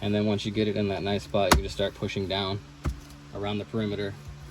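Someone talks while a gloss black plastic center console trim panel on a 2023-2026 Acura Integra is set in place and pressed down around its edge into the console, with a couple of brief taps under the voice. Nothing has seated or clicked yet.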